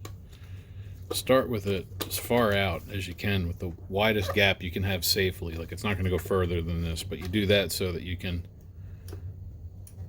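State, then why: Seated. While a plastic cover is refitted on a Mitsubishi WD720U projector, starting it as far out as is safe and moving it in, someone talks. At 9.9 s a short click is heard as the cover actuates the lamp door interlock safety switch, showing the switch is in the right spot and the cover is seated.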